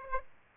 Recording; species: mosquito wingbeat signal from an infrared sensor; Aedes aegypti